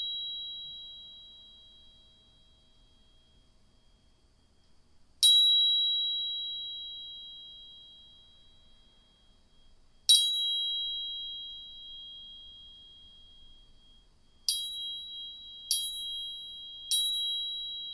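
Two tuning forks are struck in turn, each giving a pure, high, steady ring at two close pitches that fades slowly. Strikes land near 5 and 10 seconds, then three quicker ones toward the end, each starting with a bright metallic tap.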